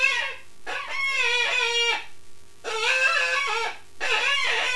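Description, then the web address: Rabbit squealing, several quavering cries in close succession. "wild-game-downloads rabbits"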